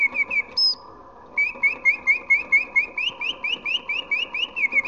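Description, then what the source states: Hummingbird calls: short rising whistled chirps in a quick steady series, one higher note early on, over a constant background hum. Hummingbirds in a glass dome.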